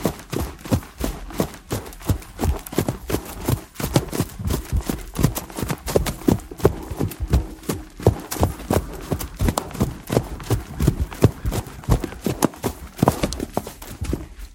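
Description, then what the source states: Horse trotting, dense muffled hoof thuds following one another quickly, the rhythm blurred at times, continuing at an even level across the whole recording. Horse's feet trotting on grass at a steady pace.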